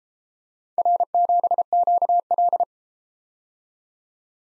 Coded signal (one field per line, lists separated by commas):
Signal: Morse code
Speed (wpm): 32 wpm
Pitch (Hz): 700 Hz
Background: none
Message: R7QL